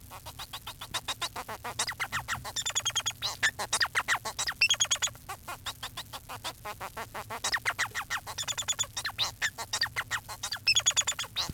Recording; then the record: song of a male Bengalese finch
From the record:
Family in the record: son of father 4